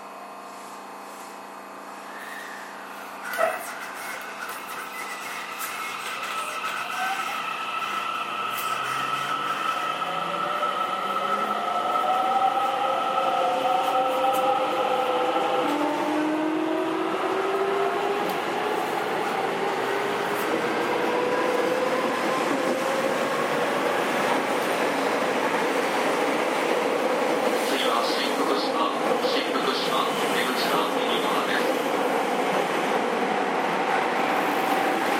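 A JR 207 series train runs between Kyobashi and Takarazuka. A sharp knock sounds near the start, then steady motor tones glide upward in pitch as the train accelerates, while the rumble of wheels on rails thickens and stays loud to the end.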